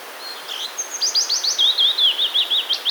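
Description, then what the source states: Common redstart song: a thin high whistle, then a fast run of rising chirpy notes and a string of zigzag trilled notes, fairly steady and high-pitched. Song includes mimicry of sparrows; recorded 5 June 2022.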